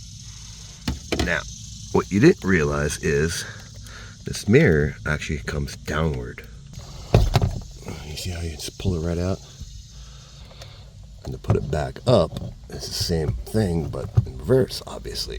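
Someone talks while the plastic mirror trim cover on a 2019-2025 BMW 3 Series is pulled downward off the windshield mirror mount clips. Sharp clicks at 7.2 s and 7.4 s mark the cover popping off its clips and releasing from the mount.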